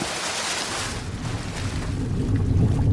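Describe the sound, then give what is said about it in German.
A person dives headfirst from a sinking ship into the sea: a burst of splashing sea water gives way to churning, rushing water and a deep, steady rumble that swells slightly toward the end, with no voices. “Ich stürzte mich kopfüber ins Wasser.”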